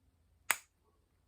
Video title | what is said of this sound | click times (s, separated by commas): SewGnar Callisto Slim Crossbody | the the right side into the snap and you can hear it clip into place | 0.5 s